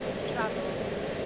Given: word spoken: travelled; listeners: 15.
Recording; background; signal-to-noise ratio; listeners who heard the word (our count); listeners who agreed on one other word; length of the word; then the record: one English word in noise, from a listening test; speech-shaped noise; -5.3 dB; 0 of 15; 11 of 15; 0.86 s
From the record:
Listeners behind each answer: 11, 2, 1, 1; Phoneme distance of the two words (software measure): 7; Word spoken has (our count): 2 syllables, 6 phonemes, stress on syllable 1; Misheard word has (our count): 2 syllables, 5 phonemes, stress on syllable 1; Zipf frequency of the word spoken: 4.40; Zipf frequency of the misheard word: 4.82